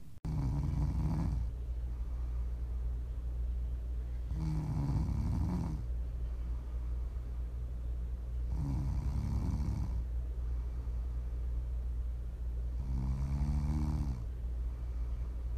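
Four low, rumbling snores from an adult sleeper, about every four seconds, roughly 14 a minute. Each is a buzzing inhalation lasting one to one and a half seconds. Ordinary sleep snoring is heard over a steady low background hum.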